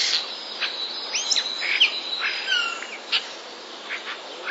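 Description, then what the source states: Common starling song mixing short sliding whistles, clicks and brief chirps. Starling song containing mimicry borrowed from sparrows.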